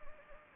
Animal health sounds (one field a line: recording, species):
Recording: mosquito wingbeat signal from an infrared sensor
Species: Anopheles gambiae